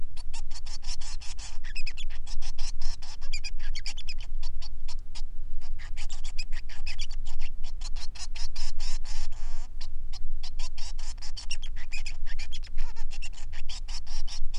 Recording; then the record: song of a male Bengalese finch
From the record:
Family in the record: son of father 3